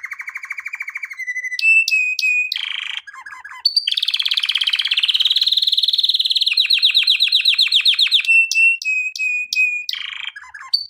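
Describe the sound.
Canary song, a long run of rapid trills and rolling tours shifting between pitches, with bright repeated chips and sustained whistled notes; no other sounds.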